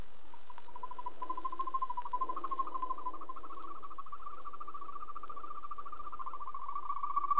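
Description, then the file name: European green toad trilling, a long, even, purring trill rising slightly in pitch over several seconds above a soft hiss of background noise. "grønbroget-tudse"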